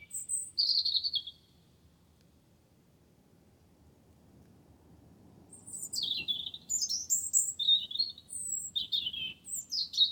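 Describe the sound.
Wren singing a brief high phrase, a long quiet gap, then a rapid run of high chirps and slurred notes continuing to the end.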